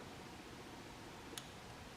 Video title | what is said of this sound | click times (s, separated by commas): XR3135 LS Tractor Rebuild: Part 7 - Reinstalling Power Steering and Hydraulic Pumps | and listen for the click | 1.4 s